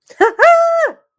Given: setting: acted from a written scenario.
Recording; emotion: vocal sound without words; triumph